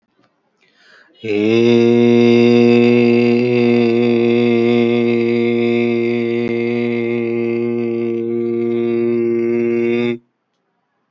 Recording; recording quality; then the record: sustained vowel as in made; excellent, no background noise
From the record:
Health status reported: healthy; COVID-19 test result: not tested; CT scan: not taken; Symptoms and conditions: none ticked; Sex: male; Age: 39 years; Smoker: no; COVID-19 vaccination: none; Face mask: not worn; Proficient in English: yes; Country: India